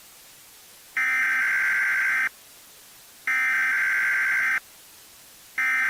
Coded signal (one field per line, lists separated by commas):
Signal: Emergency Alert System (SAME) tones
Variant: header bursts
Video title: EAS Scenario: Nuclear Missile Attack I (Part 1)